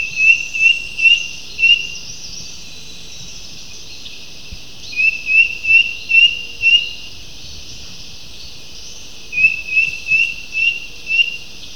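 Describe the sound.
Bird repeating bursts of four or five brief, high, upward-sliding whistles, with pauses of a few seconds between bursts, against a steady background hiss.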